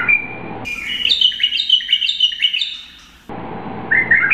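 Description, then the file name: Bulbul singing a quick run of bright, liquid chirped notes, then a brief pause and a fresh burst of slurred whistles over faint background hum. "audio kutilang irak. omkicau"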